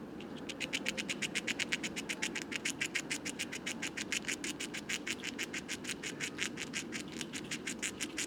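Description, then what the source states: Eurasian red squirrel gnawing: crisp, dry clicks repeated rapidly and steadily over a soft low background rumble. Wild squirrel in a Paris woodland, France, 23 November 2018, foggy, 5 °C, feeding heavily on abundant conifer seeds before winter rest; leaves mostly fallen.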